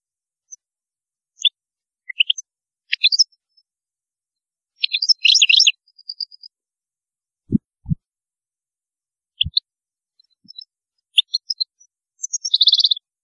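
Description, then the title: European goldfinch song: scattered twittered notes and brief jangling bursts ending in a buzzy note, with a few low knocks. "Chant Chardonneret"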